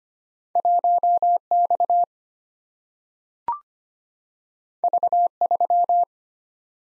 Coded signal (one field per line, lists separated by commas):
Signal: Morse code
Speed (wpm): 25 wpm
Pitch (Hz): 700 Hz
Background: none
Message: 1X V3